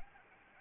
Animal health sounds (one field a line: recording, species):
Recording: mosquito wingbeat signal from an infrared sensor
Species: Anopheles gambiae